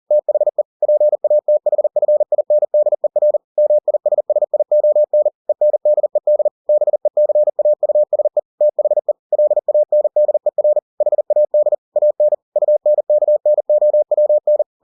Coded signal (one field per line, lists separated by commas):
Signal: Morse code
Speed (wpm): 40 wpm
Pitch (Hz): 600 Hz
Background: none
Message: THE PATHFINDER MISSION ENDED BECAUSE THE LANDER HAD AN UNKNOWN